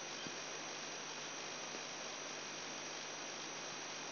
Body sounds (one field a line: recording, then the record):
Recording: brain microelectrode recording played as sound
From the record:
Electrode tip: outside the subthalamic nucleus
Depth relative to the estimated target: -6 mm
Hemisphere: right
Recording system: AlphaMap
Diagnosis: Parkinson's disease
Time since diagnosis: 10 years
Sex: male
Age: 58 years